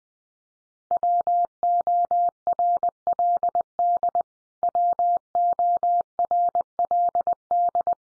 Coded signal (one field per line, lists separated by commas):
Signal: Morse code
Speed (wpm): 20 wpm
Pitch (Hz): 700 Hz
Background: none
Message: WORLD WORLD